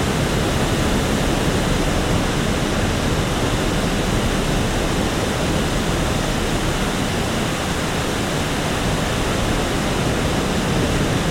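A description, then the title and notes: Huge volumes of water surge beneath a water treatment plant, making a dense, unbroken roar that holds steady for the whole stretch. The sound is heaviest and most agitated in the low end, with a constant hiss layered above and no distinct events standing out. The thunderous pulsations of huge amounts of water moving beneath us at a water treatment plant at Farmoor Reservoir in Oxfordshire, England. Recorded by Cities and Memory. Industrial-scale water treatment.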